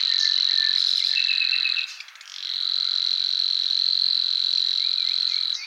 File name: Locustelle luscinioide